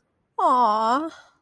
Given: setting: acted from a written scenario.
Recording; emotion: vocal sound without words; sympathy